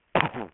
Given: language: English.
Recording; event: throat vibration sensor signal played as sound; cough